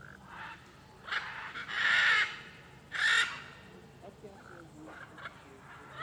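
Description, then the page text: Blue-and-yellow macaw harsh, drawn-out grating squawks, two loud ones about a second apart, with softer calls and low background rumble. Many macaws calling along a street in Alto Paraíso de Goiás, Cerrado, Brazil. "Rua em Alto Paraiso com muitas araras cantando e carros passando. Arara-canindé - Coleção Sonora do Cerrado"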